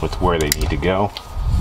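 Someone talks while the upper radiator hose's plastic quick-connect coupling is handled at the thermostat housing neck of a Mercedes M272 engine (E350/C350/R350/CLK350) during a thermostat replacement, with its notches being lined up. Faint handling ticks sit under the voice, and nothing has seated or clicked into place yet.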